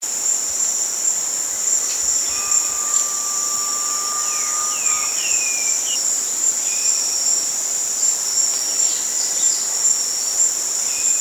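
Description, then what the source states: Garnet pitta call: one long, steady whistle of nearly three seconds, rising slightly, beneath a constant high insect drone, with a few short higher notes. Recorded at Danum on 9 August 2009.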